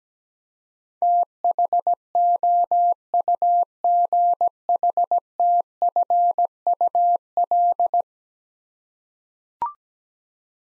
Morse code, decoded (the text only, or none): THOUGHTFUL